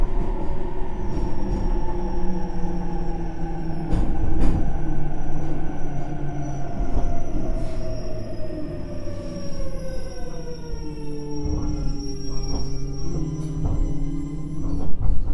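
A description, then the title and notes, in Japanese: An electric train runs steadily with a loud low rumble, a motor whine that falls in pitch around ten seconds, and frequent wheel clacks. JR九州 817系 福北ゆたか線 吉塚から篠栗まで。It is a running sound of JR Kyushu 817 series trains.I recorded it on the local train of Fukutoku Yutaka Line (Chikuho Line).The section is from Yoshizuka to sasaguri.817系電車の走行音。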